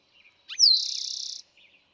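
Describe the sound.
Eastern towhee song, one complete phrase: a short opening note, a descending slur, then a steady buzzy trill lasting under a second, with faint chirps around it.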